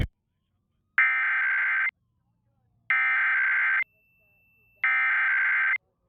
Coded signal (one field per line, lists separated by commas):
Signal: Emergency Alert System (SAME) tones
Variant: header bursts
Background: speech